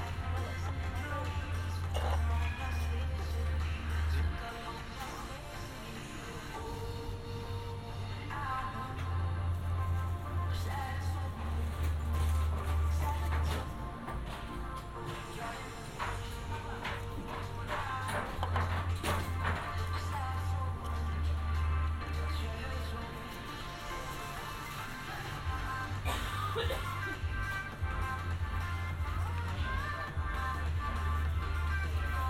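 Binaural field recording from Amsterdam in June. A deep, steady rumble swells and drops in blocks every few seconds, under a dense layer of sustained tones and murmuring, possibly voices. Scattered knocks and clattering bursts cluster near the middle and around 26 seconds.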